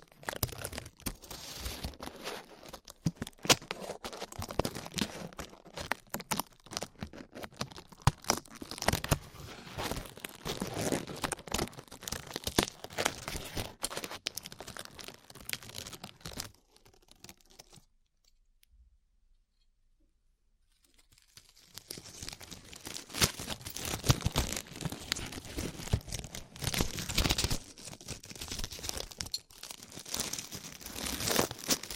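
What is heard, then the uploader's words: Glue is peeled away in dense bursts of tearing and crinkling, with sharp crackly pops scattered throughout. The sound runs busy and bright for about seventeen seconds, falls nearly silent for a few seconds, then resumes just as thick and crunchy until the end. ASMR Peeling Glue Off Your Ears (No Talking).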